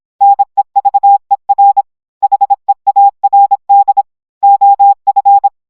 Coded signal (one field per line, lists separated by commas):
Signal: Morse code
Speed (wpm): 26 wpm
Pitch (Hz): 800 Hz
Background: none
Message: NEVER HEARD OF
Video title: Family Guy Scene but it’s Entirely in Morse Code